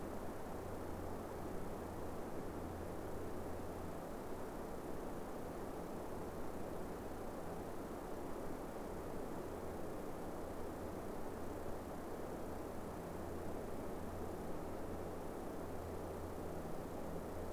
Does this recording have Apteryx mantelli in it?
no